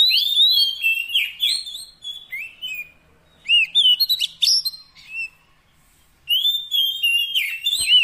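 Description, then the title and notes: Oriental magpie-robin singing rich, varied whistles, clear arched notes and rapid chirps in three loud bursts with quiet gaps between. Long-duration 'isian' fill-in song track, meant to make the kacer sing actively day and night. "Kacer Jadi Gacor Siang Malam. Isian Kacer Durasi Panjang"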